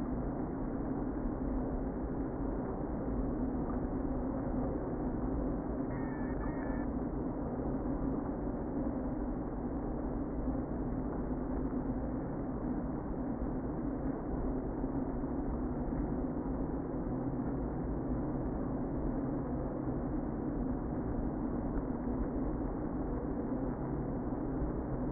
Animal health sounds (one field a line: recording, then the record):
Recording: honeybee colony, microphone inside the hive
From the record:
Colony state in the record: queen present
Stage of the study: before two queens were removed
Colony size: about 60,000 bees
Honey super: yes